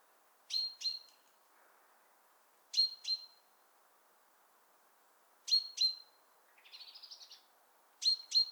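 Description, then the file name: Great tit calls in sharp paired chips, four pairs repeated about every two and a half seconds, with one softer trilled note between the last two pairs. "Parus major"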